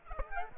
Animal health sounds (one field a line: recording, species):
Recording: mosquito wingbeat signal from an infrared sensor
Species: Aedes aegypti